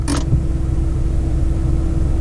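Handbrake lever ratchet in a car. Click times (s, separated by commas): 0.1 s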